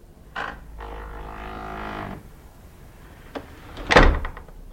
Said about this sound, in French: Et voici cette fameuse porte du château de Puttenden à Lingfield dans le Surrey. Cette porte qui s'ouvre souvent sans raisons apparentes.